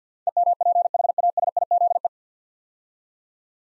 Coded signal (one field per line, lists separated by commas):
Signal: Morse code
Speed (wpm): 50 wpm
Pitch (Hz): 700 Hz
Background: none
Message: EMPHASIZE